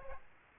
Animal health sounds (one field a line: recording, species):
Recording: mosquito wingbeat signal from an infrared sensor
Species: Aedes aegypti